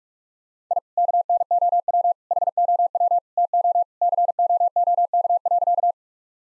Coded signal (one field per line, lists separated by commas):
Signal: Morse code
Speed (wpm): 46 wpm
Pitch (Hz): 700 Hz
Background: none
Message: I KNOW HOW TO COOK.